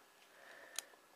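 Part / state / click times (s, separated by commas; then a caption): deployment clasp halves on a metal watch strap / seated / 0.8 s. The two halves of a metal push-together deployment clasp on the solid, stiff strap of a Timex TMX2 watch are pressed closed. After a quiet stretch of faint handling noise, a single sharp, short click sounds at 0.8 s as the clasp snaps shut and seats.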